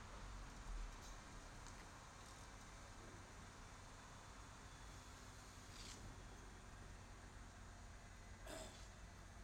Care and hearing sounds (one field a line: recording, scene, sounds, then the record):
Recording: everyday scene through a hearing-aid microphone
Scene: in traffic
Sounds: traffic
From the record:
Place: bus stop on a city main road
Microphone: in the ear canal, left